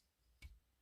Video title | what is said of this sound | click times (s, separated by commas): Transformers Legacy United Cybertron Universe STARSCREAM Review | deep knee bends it does a lock into place | 0.4 s